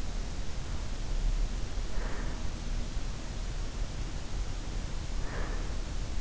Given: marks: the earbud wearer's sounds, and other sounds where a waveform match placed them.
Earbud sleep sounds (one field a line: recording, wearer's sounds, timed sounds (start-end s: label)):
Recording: sounds in sleep by an in-ear microphone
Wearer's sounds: breath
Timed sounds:
1.65-2.92 s: breath
5.11-5.92 s: breath